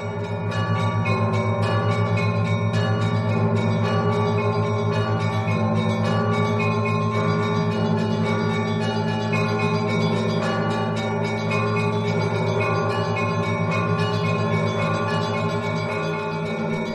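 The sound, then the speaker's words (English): A loud, continuous peal of church bells from thousands of churches ringing together for Orthodox Christmas, their overlapping strikes blending into a dense, shimmering wash of deep and bright tones with no voices. “Thousands of churches peal out in a chorus of bells.”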